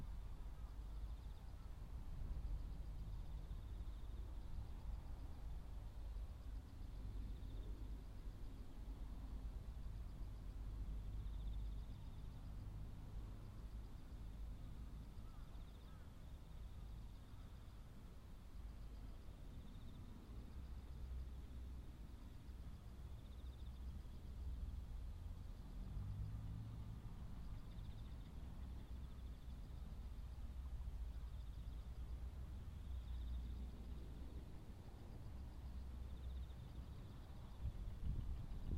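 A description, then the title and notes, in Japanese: Crickets and other autumn insects chirp in a thin, steady high trill that runs the whole length. Beneath them sits a heavy, continuous low rumble like vehicle noise, with slight swells around the middle and a small rise at the very end. 畝を行ったり来たり、音が入っていない間も遠くでずっと作業しています。コオロギなど秋虫鳴いています。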